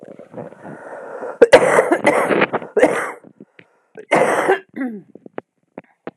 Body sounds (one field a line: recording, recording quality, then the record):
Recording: heavy voluntary cough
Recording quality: excellent, no background noise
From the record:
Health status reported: exposed to COVID-19, no respiratory illness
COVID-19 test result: negative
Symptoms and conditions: fatigue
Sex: female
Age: 47 years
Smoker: yes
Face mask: not worn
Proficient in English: yes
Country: France